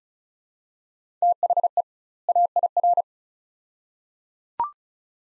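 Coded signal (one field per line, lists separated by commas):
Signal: Morse code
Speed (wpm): 36 wpm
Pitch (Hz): 700 Hz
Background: none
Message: THE AIR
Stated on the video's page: Head-copy drill of two-word groups at 35 wpm with 2x word spacing, Farnsworth-like; each set sent, spoken, then sent again.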